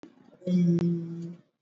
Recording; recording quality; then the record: sustained vowel as in beet; excellent, no background noise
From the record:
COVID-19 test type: RT-PCR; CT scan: not taken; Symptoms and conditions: cough, cold, fever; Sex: male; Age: 35 years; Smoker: no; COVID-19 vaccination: both doses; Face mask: worn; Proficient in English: yes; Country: India